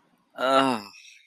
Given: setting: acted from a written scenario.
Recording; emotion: vocal sound without words; ecstasy